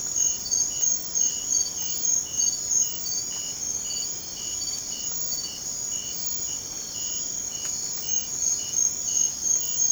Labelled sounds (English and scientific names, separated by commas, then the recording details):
none
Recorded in secondary vegetation near Puerto Asís, Putumayo, Colombia, on 30 June 2025 at 23:30
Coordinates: 0.500, -76.326
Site GP08